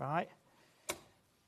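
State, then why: Seated. Someone briefly talks, then the hand wheel of an air-threading overlocker, turned towards the operator after the threading switch has been flicked up, gives a single sharp, bright click at 0.9 s. The click is the mechanism locking into threading position, setting the upper and lower loopers for air threading. Afterwards there is only quiet room tone.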